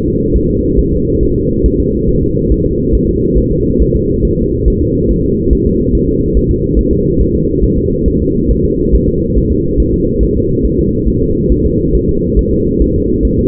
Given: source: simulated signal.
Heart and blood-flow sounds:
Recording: fetal heart sounds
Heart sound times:
0.06 s: S2
0.36 s: S1
0.50 s: S2
0.79 s: S1
0.93 s: S2
1.23 s: S1
1.37 s: S2
1.66 s: S1
1.80 s: S2
2.09 s: S1
2.23 s: S2
2.52 s: S1
2.66 s: S2
2.95 s: S1
3.09 s: S2
3.38 s: S1
3.52 s: S2
3.82 s: S1
3.96 s: S2
4.25 s: S1
4.39 s: S2
4.68 s: S1
4.82 s: S2
5.11 s: S1
5.25 s: S2
5.53 s: S1
5.67 s: S2
5.95 s: S1
6.09 s: S2
6.37 s: S1
6.51 s: S2
6.79 s: S1
6.93 s: S2
7.21 s: S1
7.35 s: S2
7.64 s: S1
7.78 s: S2
8.08 s: S1
8.22 s: S2
8.51 s: S1
8.65 s: S2
8.95 s: S1
9.09 s: S2
9.38 s: S1
9.52 s: S2
9.80 s: S1
9.94 s: S2
10.23 s: S1
10.37 s: S2
10.65 s: S1
10.79 s: S2
11.08 s: S1
11.22 s: S2
11.52 s: S1
11.66 s: S2
11.95 s: S1
12.09 s: S2
12.39 s: S1
12.53 s: S2
12.82 s: S1
12.96 s: S2
13.25 s: S1
13.39 s: S2
From the record:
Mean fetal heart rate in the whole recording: 140 bpm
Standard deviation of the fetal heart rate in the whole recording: 2 bpm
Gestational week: 34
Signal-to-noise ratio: -10.2 dB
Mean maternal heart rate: 72 bpm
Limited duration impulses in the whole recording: present

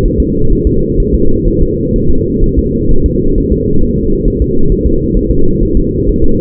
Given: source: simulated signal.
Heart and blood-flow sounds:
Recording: fetal heart sounds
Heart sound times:
0.06 s: S1
0.20 s: S2
0.53 s: S1
0.67 s: S2
1.00 s: S1
1.15 s: S2
1.48 s: S1
1.62 s: S2
1.96 s: S1
2.10 s: S2
2.44 s: S1
2.59 s: S2
2.91 s: S1
3.06 s: S2
3.38 s: S1
3.52 s: S2
3.83 s: S1
3.98 s: S2
4.28 s: S1
4.42 s: S2
4.72 s: S1
4.87 s: S2
5.17 s: S1
5.31 s: S2
5.63 s: S1
5.77 s: S2
6.09 s: S1
6.24 s: S2
From the record:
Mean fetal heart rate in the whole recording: 130 bpm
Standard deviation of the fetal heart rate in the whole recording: 4 bpm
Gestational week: 38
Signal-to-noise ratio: -19.1 dB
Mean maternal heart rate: 72 bpm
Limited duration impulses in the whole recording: present

